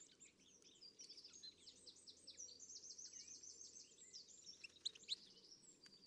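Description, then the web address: Bird chorus, many high chirps and twitters overlapping continuously, fairly quiet, over a steady background hiss. "Deverinetal. Bird Only"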